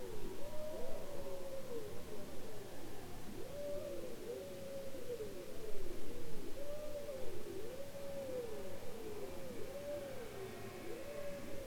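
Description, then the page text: Bowhead whale calls, rapid overlapping low arching whoops in long runs, rising and falling continuously, with steady underwater rumble beneath. Bowhead whales described as copycats, imitating sounds heard in their environment. "Bowhead whales ( Balaena mysticetus ) are copycats, imitating sounds heard in their environment. Polar Research"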